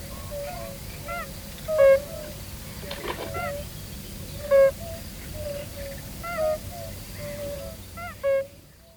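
European fire-bellied toad: low, soft hooting notes of a European fire-bellied toad repeat at uneven intervals over a droning chorus, with a brief rustling burst and scattered higher chirps.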